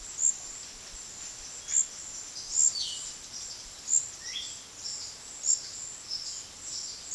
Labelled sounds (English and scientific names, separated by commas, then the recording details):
Epaulet Oriole (Icterus cayanensis)
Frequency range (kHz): Epaulet Oriole (Icterus cayanensis) 1.3-5.3 kHz
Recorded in secondary vegetation near Puerto Asís, Putumayo, Colombia, on 19 February 2024 at 13:30
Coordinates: 0.472, -76.331
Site G6371